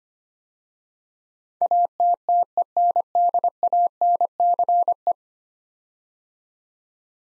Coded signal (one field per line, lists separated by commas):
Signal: Morse code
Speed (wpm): 25 wpm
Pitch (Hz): 700 Hz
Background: none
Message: ATTENDANCE